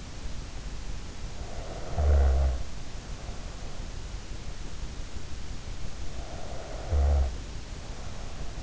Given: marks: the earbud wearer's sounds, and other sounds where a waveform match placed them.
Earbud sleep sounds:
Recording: sounds in sleep by an in-ear microphone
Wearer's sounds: snoring breath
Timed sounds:
1.32-3.68 s: snoring breath
6.18-8.63 s: snoring breath

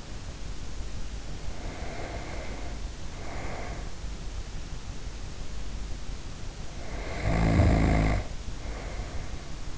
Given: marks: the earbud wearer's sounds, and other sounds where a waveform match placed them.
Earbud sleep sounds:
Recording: sounds in sleep by an in-ear microphone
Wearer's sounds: breath, snoring breath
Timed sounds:
1.12-4.25 s: breath
6.79-9.78 s: snoring breath

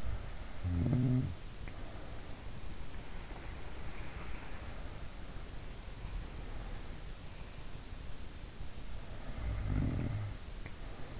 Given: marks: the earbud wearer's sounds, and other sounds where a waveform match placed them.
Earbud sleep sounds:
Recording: sounds in sleep by an in-ear microphone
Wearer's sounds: snoring breath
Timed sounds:
0.00-2.46 s: snoring breath
8.74-11.20 s: snoring breath

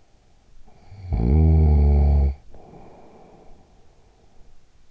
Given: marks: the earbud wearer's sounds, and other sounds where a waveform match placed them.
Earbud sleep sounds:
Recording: sounds in sleep by an in-ear microphone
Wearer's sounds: snoring breath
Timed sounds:
0.43-4.63 s: snoring breath

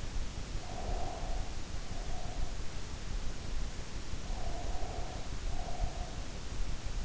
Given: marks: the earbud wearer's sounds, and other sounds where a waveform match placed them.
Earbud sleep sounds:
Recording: sounds in sleep by an in-ear microphone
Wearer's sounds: breath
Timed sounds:
0.57-2.61 s: breath
4.31-6.75 s: breath

